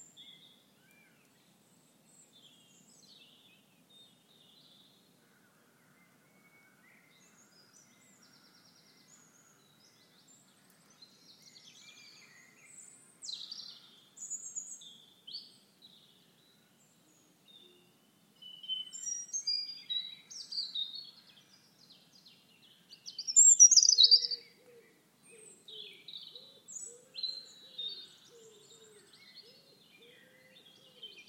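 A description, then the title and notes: A dawn chorus begins, sparse high chirps building into livelier overlapping birdsong after fifteen seconds, with a lower repeated call joining near twenty-five seconds. The moment the dawn chorus starts, recorded in March 2015 in the Pentland Hills outside Edinburgh in Scotland.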